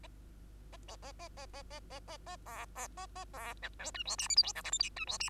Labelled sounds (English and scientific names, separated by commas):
Bengalese Finch (Lonchura striata domestica) song